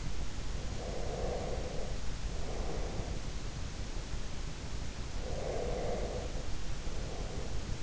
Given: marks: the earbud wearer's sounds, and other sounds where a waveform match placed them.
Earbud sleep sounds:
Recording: sounds in sleep by an in-ear microphone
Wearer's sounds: breath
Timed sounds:
0.82-3.81 s: breath
5.11-7.83 s: breath

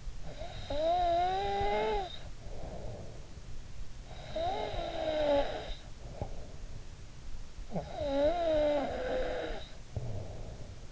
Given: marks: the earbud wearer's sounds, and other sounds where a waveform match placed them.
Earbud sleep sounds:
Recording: sounds in sleep by an in-ear microphone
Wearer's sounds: snoring breath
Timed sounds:
0.00-3.34 s: snoring breath
3.54-10.91 s: snoring breath

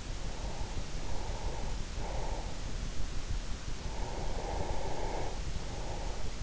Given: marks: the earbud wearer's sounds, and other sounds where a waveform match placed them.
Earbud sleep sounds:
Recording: sounds in sleep by an in-ear microphone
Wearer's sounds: breath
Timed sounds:
0.07-2.78 s: breath
4.03-6.43 s: breath

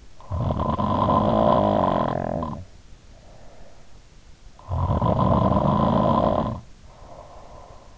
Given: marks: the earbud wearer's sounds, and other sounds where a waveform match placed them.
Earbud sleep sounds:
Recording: sounds in sleep by an in-ear microphone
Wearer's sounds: snoring breath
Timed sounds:
0.05-3.75 s: snoring breath
4.51-7.97 s: snoring breath

